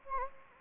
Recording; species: mosquito wingbeat signal from an infrared sensor; Anopheles gambiae